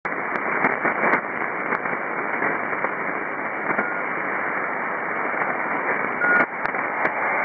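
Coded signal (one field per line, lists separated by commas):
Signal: ACARS aircraft data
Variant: HFDL (ACARS over HF)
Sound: steady wideband rushing hiss with sharp cutoff, brief clicks and short tone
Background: radio static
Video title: ACARS-HF Node 17 (Teide, Gran Canaria, Canary Islands) - 6529 kHz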